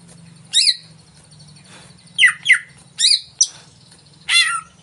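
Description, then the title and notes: Greater green leafbird song: spaced, loud downslurred whistles and harsh chatters, each brief and separated by short pauses, with a low buzzing hum in the background. Cucak ijo song used as a lure (pancingan) to stimulate a caged bird to sing and perform when hung (gantang); bird described as gacor, singing vigorously. "Pancingan CUCAK IJO Mau Di Gantang. Cucak Ijo Gacor"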